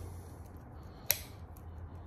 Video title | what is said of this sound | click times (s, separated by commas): Ls build with NORDIC race engines pt.1 | Make sure you get that little click. | 1.1 s